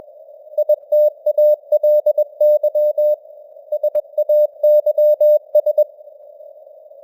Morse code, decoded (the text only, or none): ITALY SAYS